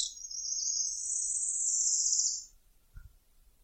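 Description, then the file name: Araucaria tit-spinetail singing one long, high, dry trill lasting over two seconds, followed by a single soft thump. "canto do grimpeiro"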